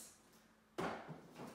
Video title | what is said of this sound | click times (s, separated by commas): Orbit Baby G5 Stroller and Infant Seat Review And How To Use | like this it clicks in place and then you | 0.8 s